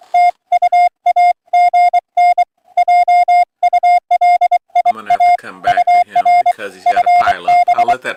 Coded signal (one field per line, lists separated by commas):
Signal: Morse code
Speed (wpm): 23 wpm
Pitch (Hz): 720 Hz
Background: music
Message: TU AGN JULIA UR FB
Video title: March 23 2025 Sunday AM POTA Hunt